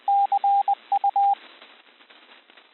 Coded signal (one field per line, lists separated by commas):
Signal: Morse code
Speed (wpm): 20 wpm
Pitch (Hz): 800 Hz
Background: radio noise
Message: CU